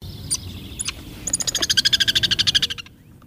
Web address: lewiss woodpecker lewis trill